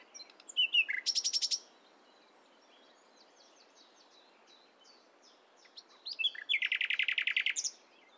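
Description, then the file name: Common nightingale singing two phrases several seconds apart, each a fast run of loud repeated notes, with faint soft chirps in the quiet gap between them. "Luscinia megarhynchos"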